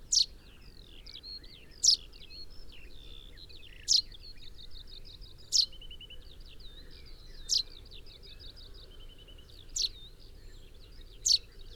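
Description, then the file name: Common chaffinch calls: crisp high notes repeated about every two seconds, with rapid twittering notes in the background over low hum. "Fringilla coelebs"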